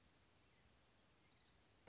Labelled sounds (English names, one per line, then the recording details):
Orange-crowned Warbler
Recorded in Sonoma County, California